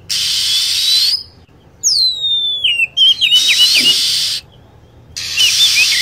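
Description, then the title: Lovebird calls: piercing down-slurred whistles followed by a fast string of sharp chirps, with blocks of loud, steady high-pitched chatter before and after. Lure sound for attracting birds. "PIKAT BURUNG LOVEBIRD"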